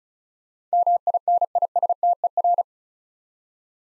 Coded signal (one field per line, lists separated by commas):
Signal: Morse code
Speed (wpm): 36 wpm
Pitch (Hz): 700 Hz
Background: none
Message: MINISTER